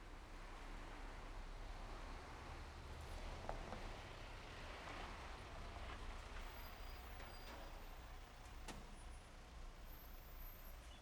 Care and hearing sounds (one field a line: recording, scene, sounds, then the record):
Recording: everyday scene through a hearing-aid microphone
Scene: in traffic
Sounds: traffic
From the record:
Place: main road on the outskirts, rush hour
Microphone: behind the ear, left, front